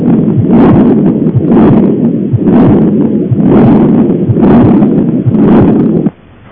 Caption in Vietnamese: Tiếng thổi liên tục mạnh lên cuối kỳ tâm thu trong còn ống động mạch.